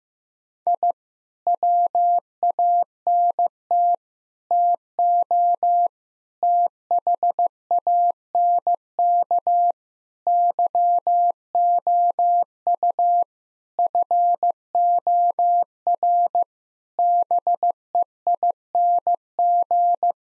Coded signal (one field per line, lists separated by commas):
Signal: Morse code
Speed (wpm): 15 wpm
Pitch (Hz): 700 Hz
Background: none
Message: I WANT TO THANK YOU FOR BEING